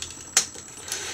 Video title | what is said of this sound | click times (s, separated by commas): Super Pack add-on parts for 1/60 Macross Frontier VF-25 | and then just slide it back into place until it locks into place | 0.4 s